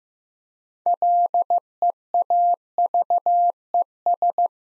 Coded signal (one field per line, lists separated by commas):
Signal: Morse code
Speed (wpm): 15 wpm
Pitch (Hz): 700 Hz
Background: none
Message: LEAVES